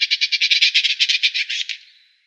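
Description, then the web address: Woodchat shrike harsh rattling call, a fast series of many scratchy pulses lasting under two seconds, fading out at the end. "Schulze Peter Woodchat Shrike call"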